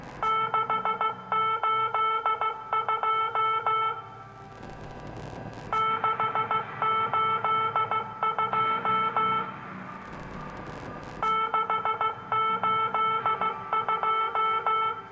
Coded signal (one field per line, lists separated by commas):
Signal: Morse code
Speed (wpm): 14 wpm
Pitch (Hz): 1320 Hz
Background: music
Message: 682 682 682